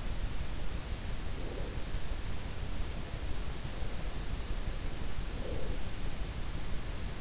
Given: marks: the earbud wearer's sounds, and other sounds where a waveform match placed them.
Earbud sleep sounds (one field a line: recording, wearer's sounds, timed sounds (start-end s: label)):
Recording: sounds in sleep by an in-ear microphone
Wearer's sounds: breath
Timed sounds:
1.19-1.93 s: breath
5.15-6.08 s: breath